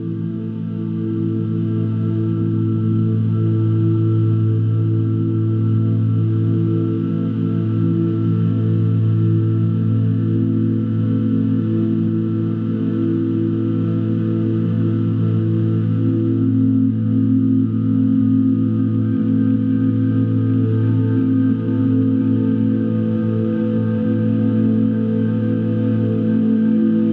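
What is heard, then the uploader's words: Chakra-friendly tones hum steadily throughout, built from layered sustained pitches in the low and low-middle range with a few fainter higher ones above. The sound stays dense and even, with slow pulsing swells in loudness and no distinct events or breaks. Chakra friendly tones and vibrations.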